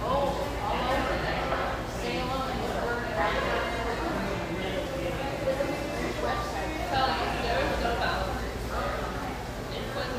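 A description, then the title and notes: Bustling café background noise: many overlapping voices talking at once in a steady, dense murmur with no single speaker standing out. The level stays even throughout, with a low constant hum underneath and occasional brighter clinks and bursts of louder chatter. Cheerful, bustling background noise of this sunny café in one of the OC's most upscale neighborhoods.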